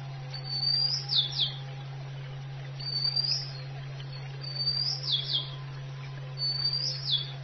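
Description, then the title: Oriental magpie-robin song: clear high whistled phrases, each a rising note then quick downslurred notes, repeated about every two seconds over a steady low hum. "Kicau Kacer"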